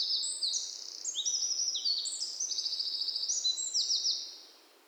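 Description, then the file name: Eurasian wren singing a fast, high-pitched cascade of sharp trills and buzzy rattles that carries on throughout, then fades at the very end. "Troglodytes troglodytes"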